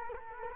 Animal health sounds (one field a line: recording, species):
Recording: mosquito wingbeat signal from an infrared sensor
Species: Culex quinquefasciatus